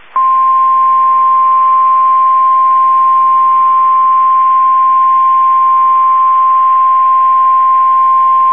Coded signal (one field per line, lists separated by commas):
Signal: Emergency Alert System (SAME) tones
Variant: 1050 Hz attention tone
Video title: EAS 1695-1699 (4/22/22)